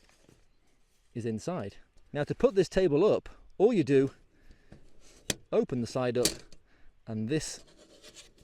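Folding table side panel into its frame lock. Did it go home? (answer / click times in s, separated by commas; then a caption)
no / none. Someone talks while unfolding the side panel of a NatureHike Ultra Light Folding Table (Yamami X01), an ultralight folding camp table, and pushing it toward its frame lock. A single sharp tap is heard at about 5.3 s among soft handling noises. The clip ends before the panel goes home, so nothing has seated or clicked yet.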